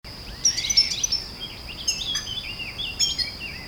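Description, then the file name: European goldfinch twittering: a jumble of quick, high chirps over a steady background hiss. "Carduelis carduelis"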